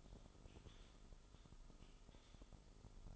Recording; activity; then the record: daily activity, microphone in the room; typing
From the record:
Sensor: 5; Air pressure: 988.8 hPa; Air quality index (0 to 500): 235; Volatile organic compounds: 193 ppm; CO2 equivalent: 4189 ppm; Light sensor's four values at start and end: 39/124/48/51 and 39/124/48/51